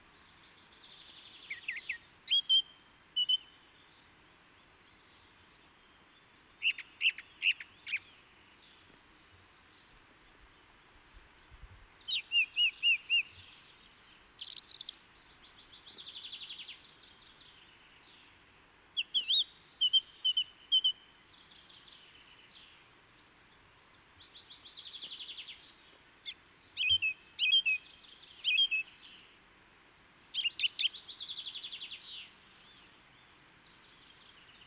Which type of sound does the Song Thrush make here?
song